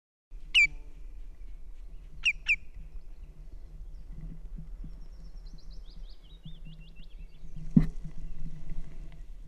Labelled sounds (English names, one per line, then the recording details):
Common Greenshank flight call
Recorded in the wild
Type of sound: flight call
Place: Halbinsel Kindo, Karelien, RU
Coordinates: 66.55, 33.1
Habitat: moor
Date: 1998-06-21 21:57
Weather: clear, 12°C, weak easterly winds
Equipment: Aiwa HD-S1, Telinga Pro 5
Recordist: Frommolt, Karl-Heinz
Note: Moor Nähe Mast 41: Rufe beim Überfliegen